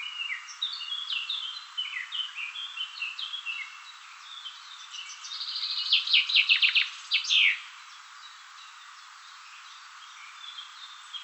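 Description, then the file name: Common chaffinch song: a bright rattle of repeated notes ending in an emphatic flourish, preceded by softer chirps. "Fringilla coelebs"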